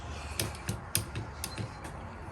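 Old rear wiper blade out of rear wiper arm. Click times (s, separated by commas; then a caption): 0.9 s. On a Toyota Highlander, the old rear wiper blade is worked loose from the rear wiper arm, and its plastic clip gives with a run of sharp clicks and creaks. The loudest pop comes at 0.9 s as the blade pops forward, releasing it so it can slide out of the slot.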